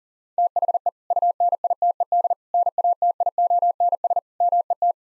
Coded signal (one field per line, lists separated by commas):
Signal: Morse code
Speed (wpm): 40 wpm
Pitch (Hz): 700 Hz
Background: none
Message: THE UNITED NATIONS MET